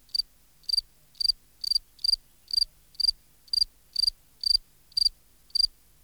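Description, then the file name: Field cricket chirps, evenly spaced shrill pulsed bursts about twice per second, clear against a quiet background. "Gryllus campestris"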